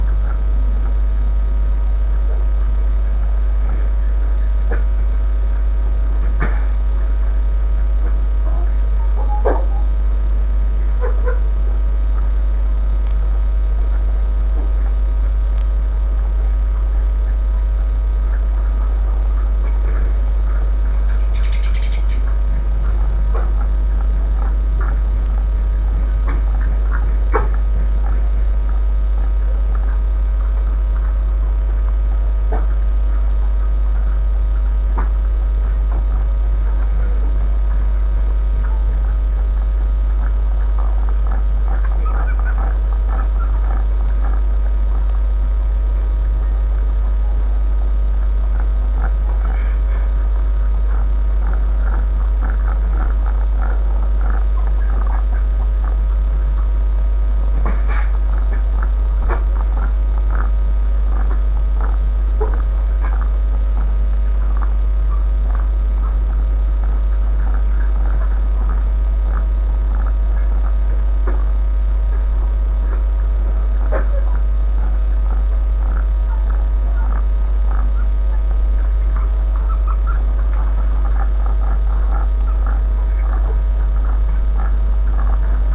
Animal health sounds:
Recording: poultry house recording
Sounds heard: sick chickens (respiratory disease)

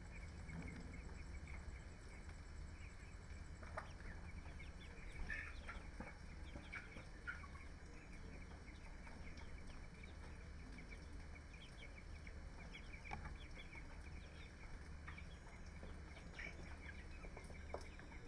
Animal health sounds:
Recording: poultry house recording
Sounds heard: healthy chickens

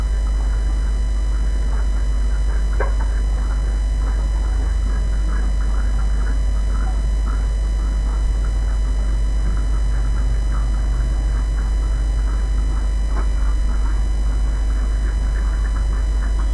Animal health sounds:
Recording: poultry house recording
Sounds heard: sick chickens (respiratory disease)

